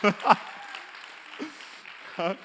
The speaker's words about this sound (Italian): E glielo facciamo un applauso per il pastore, dai.